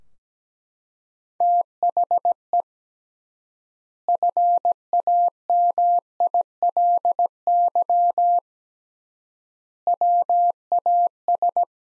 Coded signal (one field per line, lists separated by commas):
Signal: Morse code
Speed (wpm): 17 wpm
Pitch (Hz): 700 Hz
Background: none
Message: THE FAMILY WAS